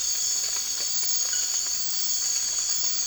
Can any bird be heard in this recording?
no